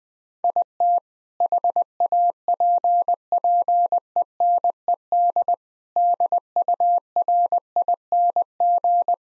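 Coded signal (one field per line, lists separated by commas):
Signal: Morse code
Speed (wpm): 21 wpm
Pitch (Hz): 700 Hz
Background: none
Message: IT HAPPENED DURING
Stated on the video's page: Morse sentence practice at 20 wpm; each sentence sent, spoken, then sent again.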